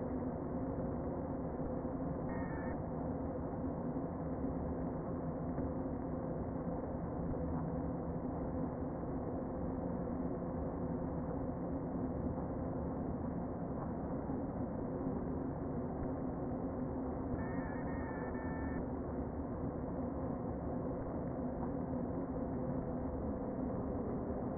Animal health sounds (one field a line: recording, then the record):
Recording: honeybee colony, microphone inside the hive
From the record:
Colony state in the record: queen present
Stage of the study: before two queens were removed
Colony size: about 60,000 bees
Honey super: yes